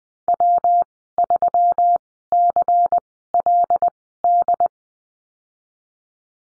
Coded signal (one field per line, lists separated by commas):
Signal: Morse code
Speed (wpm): 20 wpm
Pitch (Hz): 700 Hz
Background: none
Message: W3CLD